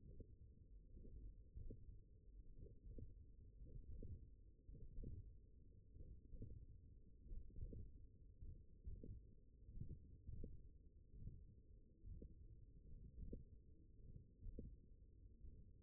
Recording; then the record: forearm muscle sounds (acoustic myography)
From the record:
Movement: hand opening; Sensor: system 1, eight BSWA MPA416 microphones around the upper forearm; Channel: 7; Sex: male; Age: 42 years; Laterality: right